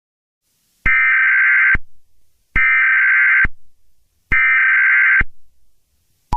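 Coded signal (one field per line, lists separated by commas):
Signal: Emergency Alert System (SAME) tones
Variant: header bursts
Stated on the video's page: Fictional EAS scenario remake, not a real alert.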